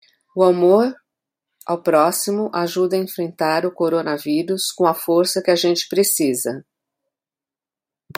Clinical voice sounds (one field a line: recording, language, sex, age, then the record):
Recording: spoken sentence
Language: Brazilian Portuguese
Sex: female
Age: 60 to 69 years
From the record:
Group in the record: control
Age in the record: 64 years